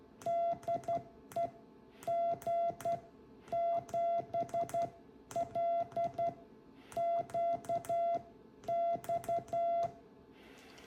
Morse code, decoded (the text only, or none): DE G7LQX